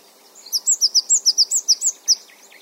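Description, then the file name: Great tit giving a quick run of about eleven sharp, high notes. "Parus major"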